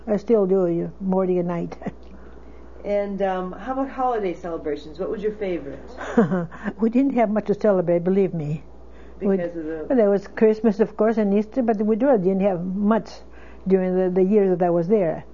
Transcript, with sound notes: I still do, more at night.
And how were holiday celebrations? What was your favorite?
( she laughs ) We didn't have much to celebrate, believe me.
Because of the war.
There was Christmas, of course, and Easter, but we didn't have much during the years that I was there.